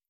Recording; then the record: hydrophone in a shrimp aquaculture tank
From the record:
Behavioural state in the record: stressed